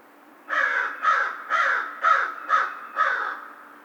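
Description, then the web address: American crow with a quick run of six raspy caws, evenly spaced about half a second apart. Recorded 2 March 2010. "Crow 2010 03 02 American Crow"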